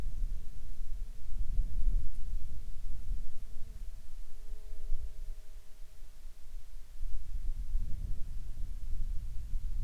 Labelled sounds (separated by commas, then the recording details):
insects
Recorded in Ivvavik National Park, Yukon, on 13 July 2019 at 23:24
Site SINP03